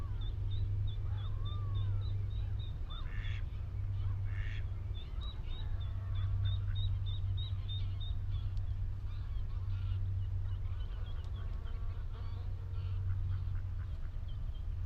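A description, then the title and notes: Birds call over a steady low rumble that runs through the whole recording. A rapid, even series of high notes repeats from about 0 to 2 seconds and again from 5 to 8, with a rising whistle near 1.5 seconds and scattered duck and goose calls throughout. The Hoo Peninsula is a vast open landscape on the Thames Estuary. The mics (recording alone) were lodged in a hawthorn tree on Higham Marshes nature reserve and pointed out over a watery marsh. Close to the mics lapwings, redshank and cetti's warblers call, as well as geese and ducks that are familiar sounds to us urban dwellers.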